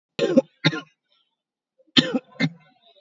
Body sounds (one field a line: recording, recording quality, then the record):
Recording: shallow voluntary cough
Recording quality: excellent, no background noise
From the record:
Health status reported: COVID-19 positive, mild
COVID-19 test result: positive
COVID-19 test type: RT-PCR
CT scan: taken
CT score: 13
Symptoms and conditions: cough, sore throat, fatigue, loss of smell and taste, diabetes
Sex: male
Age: 51 years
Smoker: no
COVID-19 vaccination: none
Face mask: worn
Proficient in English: yes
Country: India